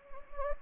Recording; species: mosquito wingbeat signal from an infrared sensor; Anopheles gambiae